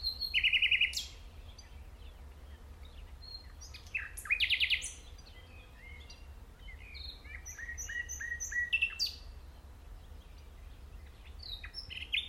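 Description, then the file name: Common nightingale song: loud bursts of rapid notes separated by pauses, with softer whistled and chirping phrases between them. "Luscinia megarhynchos"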